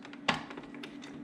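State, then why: Not seated. A milk carafe is pushed in and slightly upwards onto the front dock of an automatic espresso machine. Light bumps at 0.1 s are followed by a loud thunk at 0.3 s and a few softer taps. The carafe has not locked or clicked into place yet.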